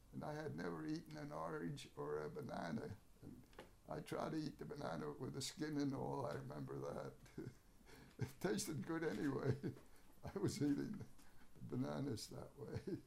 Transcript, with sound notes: And I had never eaten an orange, or a banana, and I tried to eat the banana with the skin and all — I remember that! [Laughs] It tasted good, anyway. I was eating bananas that way!